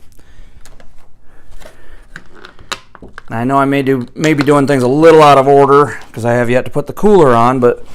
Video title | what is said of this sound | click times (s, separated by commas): Coolermaster Masterbox q300p final build | it down until you hear the click I know | 2.7 s